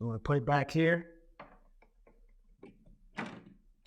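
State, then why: Seated. Someone talks while a plastic piece with fins is set on the lift rod of a bathroom sink pop-up drain stopper and pushed back into position. A few small hits follow, and the loudest, at 3.2 s, is the piece snapping into place on the lift rod assembly.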